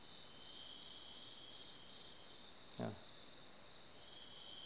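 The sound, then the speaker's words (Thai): Crickets chirp in a steady, continuous high-pitched drone throughout at Wat Pa Mahawan forest temple, with one brief soft thump midway. No one speaks. “ตอนนี้จิ้งหรีดมันเดินมันร้องระงมตลอดทางเหมือนกับเสียงขณะนี้แต่ว่าหลายคนบอกไม่ได้ยิน”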